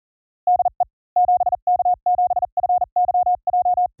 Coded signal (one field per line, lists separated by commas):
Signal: Morse code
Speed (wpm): 40 wpm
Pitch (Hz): 720 Hz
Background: none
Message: DE 7K7FYJ